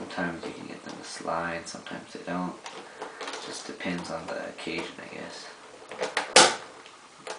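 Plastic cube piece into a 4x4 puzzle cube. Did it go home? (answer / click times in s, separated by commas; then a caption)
yes / 6.4 s. Someone talks while reassembling a plastic QJ 4x4x4 puzzle cube, then a plastic piece is pushed into its slot. A couple of small clicks lead into a sharp snap at 6.4 s as the piece seats in place.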